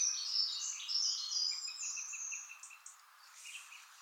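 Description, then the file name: European robin song, a flowing run of high, thin warbled phrases, with a short run of lower ticking notes. "Erithacus rubecula"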